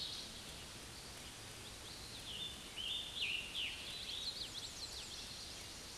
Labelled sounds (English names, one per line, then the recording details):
Scarlet Tanager song
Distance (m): 60 m
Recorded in a Pennsylvania forest on 19 May 2023 at 10:49
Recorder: AudioMoth, point grid1_34_low
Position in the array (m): 170 m, 68 m